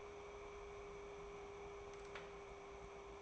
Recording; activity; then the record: daily activity, microphone in the room; take from stove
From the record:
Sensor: 1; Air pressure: 1010.3 hPa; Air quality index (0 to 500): 171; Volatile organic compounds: 12 ppm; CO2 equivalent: 2357 ppm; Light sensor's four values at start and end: 63/158/67/84 and 64/162/68/86